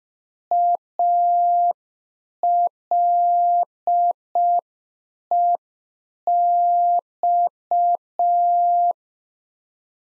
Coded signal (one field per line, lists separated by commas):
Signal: Morse code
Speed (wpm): 5 wpm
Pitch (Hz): 700 Hz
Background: none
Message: ALEX